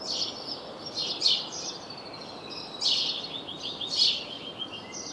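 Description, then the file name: House sparrow chirping, a few loud clipped notes mixed with a softer run of rapid ticking chirps and steady background hiss. "Passer domesticus"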